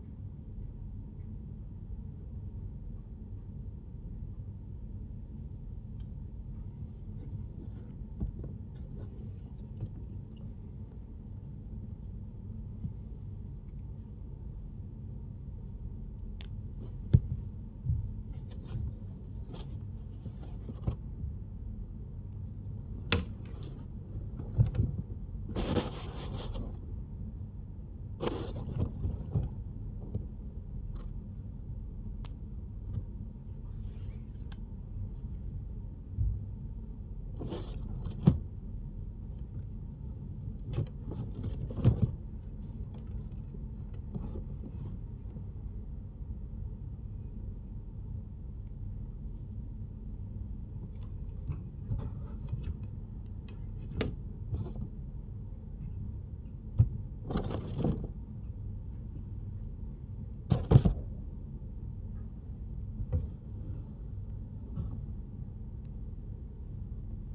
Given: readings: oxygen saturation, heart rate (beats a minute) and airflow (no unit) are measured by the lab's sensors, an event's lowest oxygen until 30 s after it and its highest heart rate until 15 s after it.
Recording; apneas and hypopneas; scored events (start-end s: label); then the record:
a person awake in a sleep study, by a smartphone at the bedside; none
0.00-67.35 s: awake
From the record:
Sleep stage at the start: awake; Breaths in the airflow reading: 23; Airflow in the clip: -0.7 to 1.2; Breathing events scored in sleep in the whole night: 131 in 7.2 hours asleep